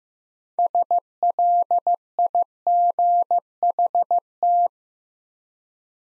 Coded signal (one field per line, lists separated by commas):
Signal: Morse code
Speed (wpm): 15 wpm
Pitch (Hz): 700 Hz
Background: none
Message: SLIGHT